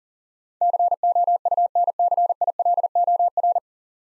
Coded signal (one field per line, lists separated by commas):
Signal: Morse code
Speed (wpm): 40 wpm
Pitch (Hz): 700 Hz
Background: none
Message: COUNCILOR